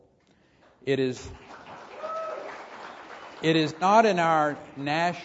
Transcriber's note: applause